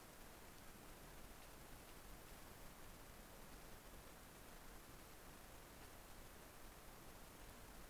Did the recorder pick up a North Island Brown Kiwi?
no